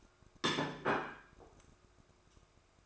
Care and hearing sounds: daily activity, microphone in the room; place plate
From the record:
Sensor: 2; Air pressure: 1004.2 hPa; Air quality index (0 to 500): 190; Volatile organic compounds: 11 ppm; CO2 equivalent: 2277 ppm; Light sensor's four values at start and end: 4/9/3/3 and 4/9/3/3

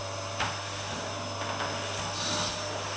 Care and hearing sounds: daily activity, microphone in the room; vacuum cleaning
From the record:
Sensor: 2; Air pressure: 988.5 hPa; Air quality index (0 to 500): 195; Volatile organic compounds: 210 ppm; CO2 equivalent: 4244 ppm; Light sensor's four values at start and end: 19/64/25/24 and 19/64/25/24

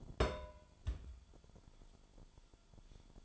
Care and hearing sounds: daily activity, microphone in the room; place on stove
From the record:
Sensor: 5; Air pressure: 1008.1 hPa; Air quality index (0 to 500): 118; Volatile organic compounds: 1 ppm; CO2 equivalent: 907 ppm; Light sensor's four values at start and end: 28/61/26/25 and 29/63/26/26

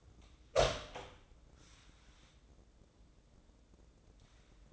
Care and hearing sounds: daily activity, microphone in the room; open door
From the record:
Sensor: 3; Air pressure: 1012.3 hPa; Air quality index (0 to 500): 178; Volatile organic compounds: 3 ppm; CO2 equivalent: 1362 ppm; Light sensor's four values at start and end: 601/1492/618/636 and 595/1480/613/630

